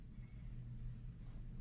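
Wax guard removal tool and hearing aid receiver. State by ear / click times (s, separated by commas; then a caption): not seated / none. The empty side of a plastic wax guard removal tool is brought toward the receiver of an Oticon hearing aid and lined up with the existing wax guard before being pushed in. Only a steady low rumble is heard, with no sharp sounds. Nothing has seated or clicked yet.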